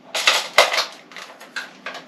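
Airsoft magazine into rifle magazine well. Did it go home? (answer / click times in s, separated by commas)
yes / 0.6 s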